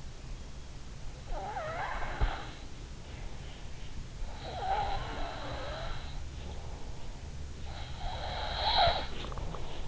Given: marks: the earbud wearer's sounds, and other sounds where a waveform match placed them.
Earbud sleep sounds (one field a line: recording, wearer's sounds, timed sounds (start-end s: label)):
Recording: sounds in sleep by an in-ear microphone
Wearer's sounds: breath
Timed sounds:
0.74-2.86 s: breath
3.54-6.74 s: breath
7.37-9.88 s: breath